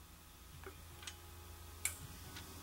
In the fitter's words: and you should have just heard a little click and that tells you that the valve guides are in the slots